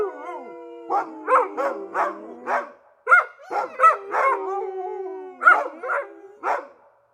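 Dog howls with a falling tone, then breaks into clusters of loud barks and yips separated by brief pauses.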